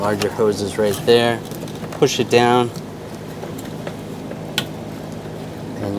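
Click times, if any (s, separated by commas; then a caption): 4.6 s. Someone talks while the larger fuel hose quick-connector is pushed down onto its fitting on the fuel pump module of a 2004–2009 Audi A4 Quattro, over a steady low hum. A single sharp click at 4.6 s marks the connector locking on, and it is seated.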